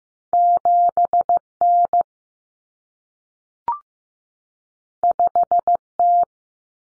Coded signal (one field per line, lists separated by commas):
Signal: Morse code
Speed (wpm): 15 wpm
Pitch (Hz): 700 Hz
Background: none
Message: 7N 5T